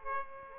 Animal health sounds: mosquito wingbeat signal from an infrared sensor; Aedes aegypti

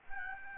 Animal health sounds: mosquito wingbeat signal from an infrared sensor; Aedes albopictus

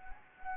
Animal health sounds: mosquito wingbeat signal from an infrared sensor; Anopheles gambiae

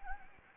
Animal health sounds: mosquito wingbeat signal from an infrared sensor; Anopheles gambiae

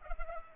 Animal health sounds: mosquito wingbeat signal from an infrared sensor; Culex pipiens

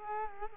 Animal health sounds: mosquito wingbeat signal from an infrared sensor; Culex quinquefasciatus

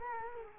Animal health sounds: mosquito wingbeat signal from an infrared sensor; Culex quinquefasciatus

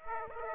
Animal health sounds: mosquito wingbeat signal from an infrared sensor; Aedes aegypti

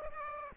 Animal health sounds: mosquito wingbeat signal from an infrared sensor; Aedes aegypti

